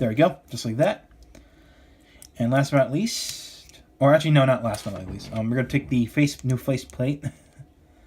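Someone talks while handling a new plastic face plate for the head of an RKF Rider Armor Series 08 Decade Armor (Kamen Rider Zi-O) action figure, with a few faint brief ticks around 1.2, 1.4 and 2.2 seconds and a short hiss near 3 seconds. The face plate is about to be pressed on, but nothing has seated or clicked yet.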